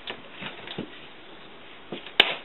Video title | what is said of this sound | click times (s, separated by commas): Best Entry Level Paintball Masks | sure you press it all the way down until it kind of locks into place and | 2.2 s